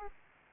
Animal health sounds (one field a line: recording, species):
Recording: mosquito wingbeat signal from an infrared sensor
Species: Aedes aegypti